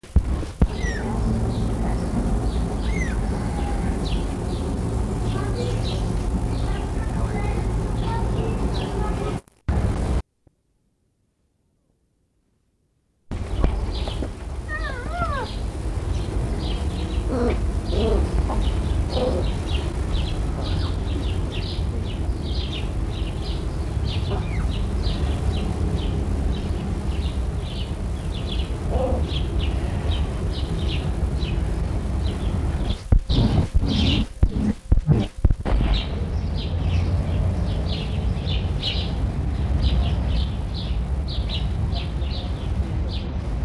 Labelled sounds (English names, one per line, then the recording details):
Eurasian Lynx call
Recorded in captivity
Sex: diverse
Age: diverse
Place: Tierpark Berlin, Berlin, DE
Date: 1963-07-26 18:00
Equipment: Minifon, Kopie BG 26/1
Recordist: Tembrock, Günter